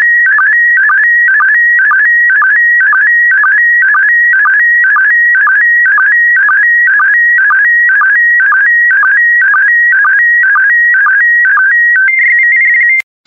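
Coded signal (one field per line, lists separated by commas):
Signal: SSTV (slow-scan television)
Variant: PD120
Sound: warbling, stepping electronic tone with a regular rhythmic chirp about twice a second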